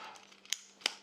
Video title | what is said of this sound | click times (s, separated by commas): Comment CHOISIR son MINI TREPIED ? MANFROTTO vs. ROLLEI vs. GORILLAPOD | un clic et jeanne gagné ça et un autre clic | 0.5 s, 0.9 s